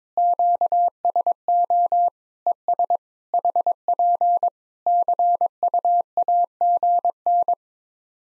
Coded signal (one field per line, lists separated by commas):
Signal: Morse code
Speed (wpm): 22 wpm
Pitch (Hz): 700 Hz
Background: none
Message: QSO ES HP CUAGN